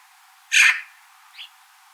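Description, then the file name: Eurasian magpie giving one loud, harsh rasping note, followed shortly by a brief, faint note. "Pica pica"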